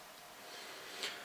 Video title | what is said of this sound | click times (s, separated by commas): vid responce to :Woodworking Questions? by SnuffBegins | and you can't actually get done for that because it locks down. | 1.0 s